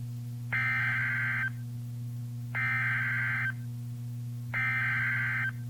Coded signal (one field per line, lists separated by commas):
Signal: Emergency Alert System (SAME) tones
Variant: header bursts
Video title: EAS #1294 - Flash Flood Warning 10-30-2015